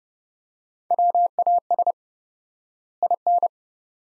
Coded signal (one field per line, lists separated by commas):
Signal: Morse code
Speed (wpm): 30 wpm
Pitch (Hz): 700 Hz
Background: none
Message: WAS IN